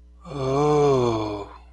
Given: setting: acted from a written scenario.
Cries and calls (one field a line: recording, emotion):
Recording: vocal sound without words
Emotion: awe